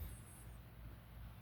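A Leviton easy-to-wire plug (cat. No. 123) is handled while rewiring a vintage 1950s lamp, with the lamp cord laid into the plug and the plug body being pushed together. A steady low rumble runs throughout, faint high whistling tones fade out by about 0.6 s, and a faint hit comes near the end. The plug has not yet locked or seated.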